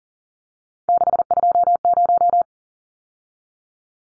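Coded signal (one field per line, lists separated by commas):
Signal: Morse code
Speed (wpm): 40 wpm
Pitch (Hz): 700 Hz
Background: none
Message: 620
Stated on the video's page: Morse practice drill of three-digit numbers at 40 wpm, each number sent twice.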